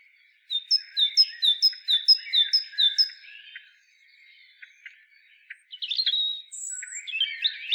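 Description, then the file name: Great tit giving a quick string of sharp, descending high notes for about three seconds, followed by scattered chirps and calls. "Parus major"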